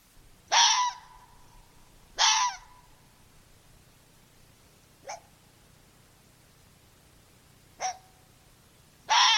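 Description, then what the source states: Red fox barks, short harsh yelps, five given at uneven intervals of one to three seconds, two of them fainter, over a quiet hiss. Common red fox vocalization described as its bark, though it does not sound much like a bark.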